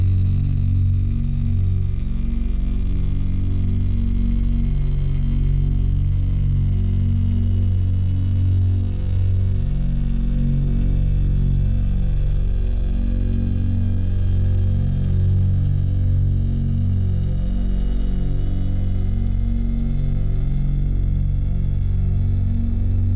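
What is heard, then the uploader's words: A low buzzing drone tone holds steady for the whole clip, thick with deep hum and stacked low tones that waver and pulse slightly. Above it sits a faint, thin hiss with slowly sliding high whines, and the loudness barely changes throughout. Buzzing Drone Tone.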